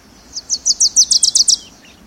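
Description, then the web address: Wilson's Warbler singing a quick chattering string of high, dry chips, starting softer and accelerating into a tight run before stopping. Near summer's end. "Birdnote. Wilson s-Warbler"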